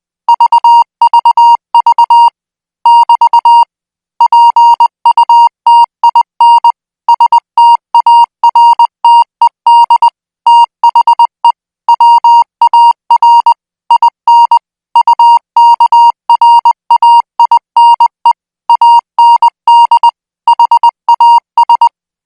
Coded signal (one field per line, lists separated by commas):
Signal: Morse code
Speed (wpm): 20 wpm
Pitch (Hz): 940 Hz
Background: music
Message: VVV <BT> PUTIN STARTED THE WAR IN UKRAINE AND HAS